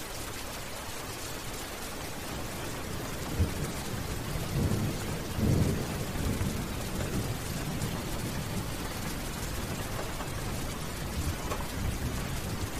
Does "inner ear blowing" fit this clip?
no